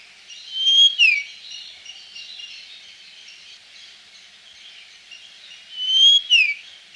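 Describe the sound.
Common Iora giving a drawn-out whistle that drops sharply at the end, twice, over steady background noise.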